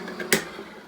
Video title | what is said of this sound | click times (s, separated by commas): Episode 11: Mild Chilli | heard the click which means the can opener is done throw the cap out | 0.3 s